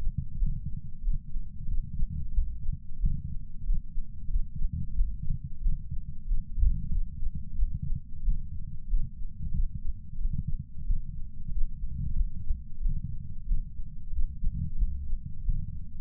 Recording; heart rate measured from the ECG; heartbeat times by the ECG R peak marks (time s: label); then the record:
heart sounds by patch sensor on the chest; 92 bpm
0.37 s: heartbeat
1.02 s: heartbeat
1.66 s: heartbeat
2.32 s: heartbeat
2.99 s: heartbeat
3.64 s: heartbeat
4.28 s: heartbeat
4.94 s: heartbeat
5.60 s: heartbeat
6.25 s: heartbeat
6.90 s: heartbeat
7.56 s: heartbeat
8.22 s: heartbeat
8.88 s: heartbeat
9.52 s: heartbeat
10.18 s: heartbeat
10.84 s: heartbeat
11.49 s: heartbeat
12.14 s: heartbeat
12.80 s: heartbeat
13.45 s: heartbeat
14.11 s: heartbeat
14.76 s: heartbeat
15.43 s: heartbeat
From the record:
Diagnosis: coronary artery disease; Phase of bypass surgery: postoperative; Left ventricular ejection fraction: 63.7%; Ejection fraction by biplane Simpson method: 59.4%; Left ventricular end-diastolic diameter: 49 mm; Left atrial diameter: 35 mm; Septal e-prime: 7.3 cm/s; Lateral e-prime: 9.8 cm/s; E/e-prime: 7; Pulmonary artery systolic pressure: 20 mmHg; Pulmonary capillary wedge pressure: 4 mmHg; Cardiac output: 5.4 L/min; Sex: male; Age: 69 years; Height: 174 cm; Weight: 79 kg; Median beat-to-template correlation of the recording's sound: 0.69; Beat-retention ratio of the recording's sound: 1.00